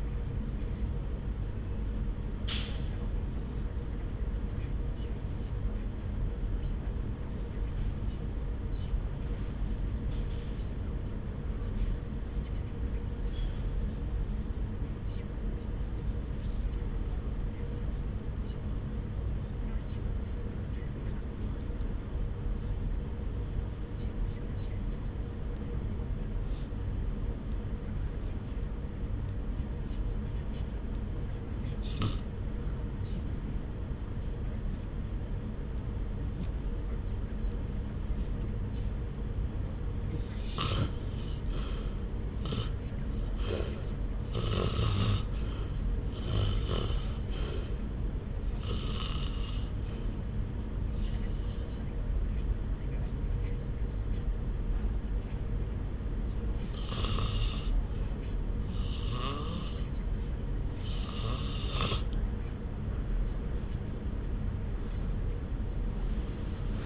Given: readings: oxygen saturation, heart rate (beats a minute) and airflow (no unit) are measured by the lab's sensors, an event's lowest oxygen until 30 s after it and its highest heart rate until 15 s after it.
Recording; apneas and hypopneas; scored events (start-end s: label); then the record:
breathing in sleep by a smartphone at the bedside; 1
3.00-40.50 s: hypopnea (REM, oxygen 94% highest, then 73% lowest)
From the record:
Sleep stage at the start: REM sleep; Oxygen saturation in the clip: 73 to 94%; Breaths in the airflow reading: 26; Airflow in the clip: -1.0 to 1.8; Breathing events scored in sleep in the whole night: 335 in 6.7 hours asleep